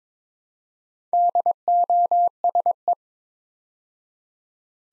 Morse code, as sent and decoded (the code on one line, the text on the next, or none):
-.. --- ... .
DOSE